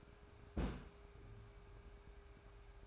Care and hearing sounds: daily activity, microphone in the room; place on stove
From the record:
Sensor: 2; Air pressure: 1010.2 hPa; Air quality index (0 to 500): 160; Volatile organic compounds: 7 ppm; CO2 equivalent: 2011 ppm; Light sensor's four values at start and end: 41/99/44/50 and 41/99/44/50

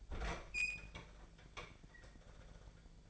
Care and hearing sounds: daily activity, microphone in the room; open fridge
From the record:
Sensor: 5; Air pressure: 1009.8 hPa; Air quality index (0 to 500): 161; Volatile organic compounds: 4 ppm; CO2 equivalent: 1568 ppm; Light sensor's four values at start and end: 128/326/137/145 and 130/331/139/148

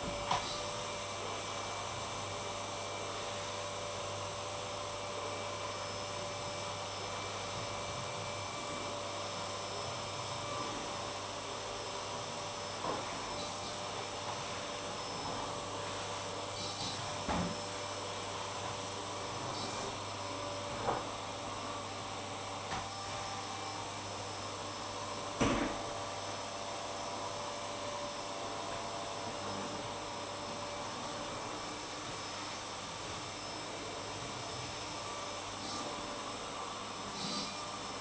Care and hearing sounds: daily activity, microphone in the room; vacuum cleaning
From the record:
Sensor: 1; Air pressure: 1007.7 hPa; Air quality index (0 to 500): 78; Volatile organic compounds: 1 ppm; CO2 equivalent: 677 ppm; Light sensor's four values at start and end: 9/21/8/9 and 9/20/8/9

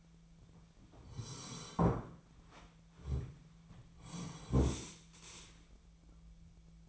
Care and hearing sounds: daily activity, microphone in the room; sit down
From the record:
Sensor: 1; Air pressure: 1008.0 hPa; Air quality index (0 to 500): 191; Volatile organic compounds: 17 ppm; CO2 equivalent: 2586 ppm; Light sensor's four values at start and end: 13/33/13/15 and 13/33/13/15

